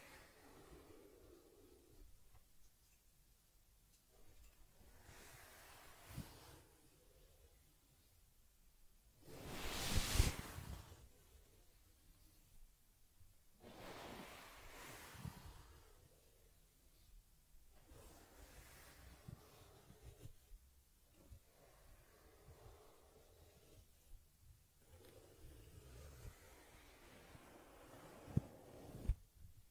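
Soft brushing and rubbing sounds from caring for a teddy bear, with quiet strokes and faint scratchy textures through most of the stretch. A louder swish rises around ten seconds, with further whooshing strokes near fifteen and twenty seconds, and small taps scattered near the end.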